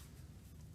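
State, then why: Not seated. The vacuum/steam hose connector of a Vapor Clean Desiderio Plus steam cleaner is handled at the machine's front port, where it will be pushed down until it locks. A steady, low rumbling noise with broadband hiss is heard, with no distinct hits. Nothing has seated or clicked yet.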